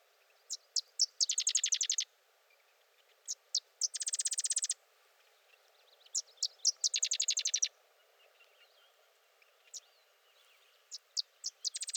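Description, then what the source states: Sedge wren song, several crisp chips then a rapid mechanical chattering trill, repeated about four times. Singing close by, for over three minutes.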